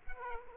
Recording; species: mosquito wingbeat signal from an infrared sensor; Aedes aegypti